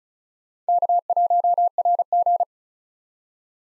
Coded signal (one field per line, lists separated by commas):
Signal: Morse code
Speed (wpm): 44 wpm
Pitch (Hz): 700 Hz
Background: none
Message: K1RG